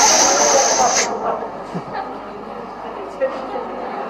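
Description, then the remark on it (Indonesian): A voice imitates a Baygon insecticide aerosol spray being emptied at a cockroach, with a loud, bright hiss lasting about a second before cutting off abruptly, followed by a few faint, quiet sounds. “Itu satu botol, apa misalnya, Baygon itu sampai habis.”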